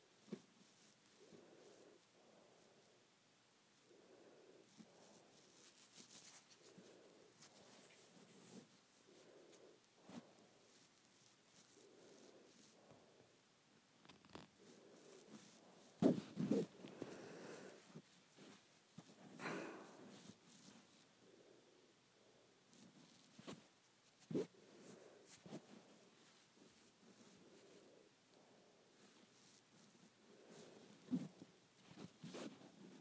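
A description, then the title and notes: Hair being played with: soft, repeated rustling strokes in a steady rhythm, roughly one or two per second, with dry crackles and small snaps scattered throughout. A louder, denser burst of scratching comes around the middle, then the gentle strokes continue. ASMR Hair Play.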